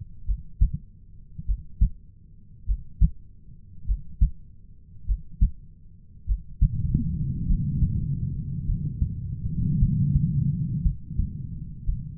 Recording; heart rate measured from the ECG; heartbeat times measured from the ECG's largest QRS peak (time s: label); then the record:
heart sounds by stethoscope; 52 bpm
0.23 s: heartbeat
1.43 s: heartbeat
2.63 s: heartbeat
3.83 s: heartbeat
5.04 s: heartbeat
6.24 s: heartbeat
7.44 s: heartbeat
8.64 s: heartbeat
9.77 s: heartbeat
10.81 s: heartbeat
11.84 s: heartbeat
From the record:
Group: heart failure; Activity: breath hold 0-9 s, rest 9-12 s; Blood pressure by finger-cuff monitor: 79/49 mmHg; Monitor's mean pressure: 58 mmHg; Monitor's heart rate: 50 bpm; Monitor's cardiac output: 3.6 L/min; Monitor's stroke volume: 72 mL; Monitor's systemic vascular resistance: 1090 dyn s/cm5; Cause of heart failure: dilated cardiomyopathy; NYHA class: 3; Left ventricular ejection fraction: 27%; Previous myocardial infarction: absent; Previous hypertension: present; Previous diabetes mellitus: present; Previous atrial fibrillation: present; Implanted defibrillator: present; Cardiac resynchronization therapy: absent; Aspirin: present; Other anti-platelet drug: absent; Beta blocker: bisoprolol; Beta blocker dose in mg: 1.25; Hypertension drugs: sacubitril-valsartan, spironolactone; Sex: female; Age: 39 years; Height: 170 cm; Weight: 64 kg